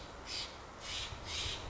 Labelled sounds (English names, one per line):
Steller's Jay